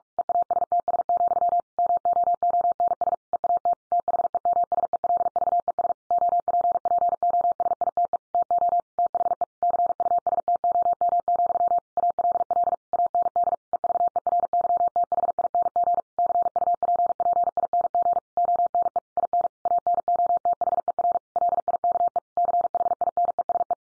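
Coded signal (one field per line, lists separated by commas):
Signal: Morse code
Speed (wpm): 44 wpm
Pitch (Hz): 700 Hz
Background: none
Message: EASTS, MOONS EAT THEMSELVES OPPOSITE TO THE CUSTOM, ALL AND EVERYTHING CUPPING ONE IN ANOTHER LIKE CHINESE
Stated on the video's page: Morse head-copy sentence practice drill at 45 wpm.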